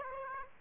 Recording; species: mosquito wingbeat signal from an infrared sensor; Aedes aegypti